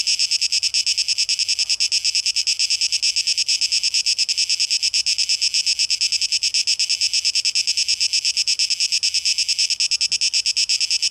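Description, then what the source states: Cicada song, a high shimmering buzz pulsed rapidly, continuous from start to finish. Cicadas, tape echo mix, 12 August 2023.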